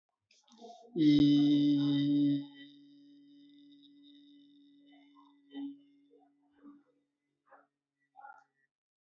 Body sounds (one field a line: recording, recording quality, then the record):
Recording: sustained vowel as in beet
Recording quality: moderate, slight background noise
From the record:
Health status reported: respiratory illness, not identified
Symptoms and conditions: asthma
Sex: male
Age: 20 years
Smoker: not ticked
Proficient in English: yes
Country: India